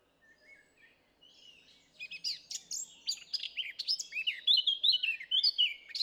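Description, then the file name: Eurasian blackcap song: a soft, quiet warble at first, then a loud run of scratchy notes mixed with clear fluty whistles that carries on to the end. "Sylvia atricapilla"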